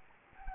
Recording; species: mosquito wingbeat signal from an infrared sensor; Anopheles gambiae